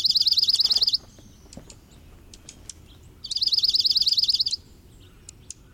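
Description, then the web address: Dark-eyed junco trill: a fast, even run of high metallic notes lasting about a second, repeated after a pause of about two seconds, with faint soft ticks between. In winter; also called snowbird. "Birdnote. The Return of Snowbird"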